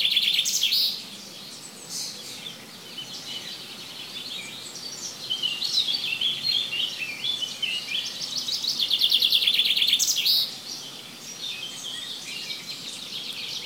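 Bird song: several bursts of fast high trilling separated by quieter stretches of scattered chirps and twitters.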